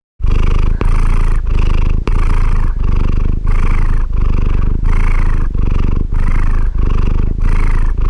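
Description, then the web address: Cat purring steadily, a deep rumbling purr pulsing in rhythmic cycles about every half second to second, continuous throughout with no other sounds. "Ian Hubball Cat Purr"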